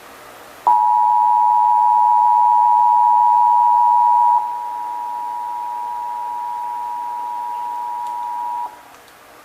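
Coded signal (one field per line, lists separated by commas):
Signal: Emergency Alert System (SAME) tones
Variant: 853 and 960 Hz attention tone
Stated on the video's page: Texas required monthly test as carried on KDFW, WFAA, KTVT and KTXA television stations.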